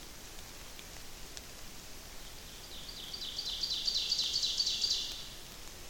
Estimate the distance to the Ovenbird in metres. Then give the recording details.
about 55 m. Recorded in boreal forest in Alberta, Canada, on 28 May 2016 at 08:53. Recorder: SongMeter 3, array SBT-3-49. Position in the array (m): 107 m, 134 m. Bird 15